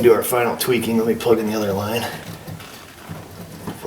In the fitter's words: that one did not click come on I'm an awkward position here damn